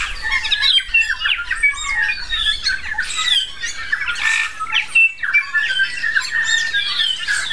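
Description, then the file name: New Zealand bellbirds singing together, bright ringing whistles and chattering squeaks tumbling over one another almost without pause, a faint low hum below. Several bellbirds singing on Tiritiri Matangi Island. "New Zealand Bellbirds (Anthornis melanura) singing on Tiritiri Matangi Island"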